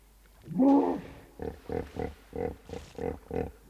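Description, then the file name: Hippopotamus calls: one loud wheezing honk followed by several short rhythmic grunts. Hippos making sounds nearby in the river. "Virtahevot Hippopotamus Hippos Making Sounds Nearby In The River"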